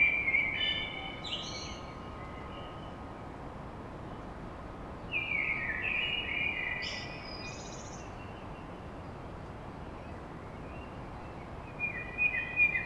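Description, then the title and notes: Common blackbird song: short warbled phrases near the start and around five to seven seconds, each closing in high squeaky notes, another starting at the end, over steady low noise. Blackbird song at dawn in Paris. "Blackbird Poetry At Paris On. Enregistrement d'un chant de merle à l'aube dans Paris"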